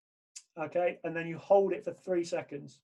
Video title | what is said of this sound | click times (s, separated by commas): Lockdown Exercise 7:7:20 | Put it in. You'll hear it click. | 0.4 s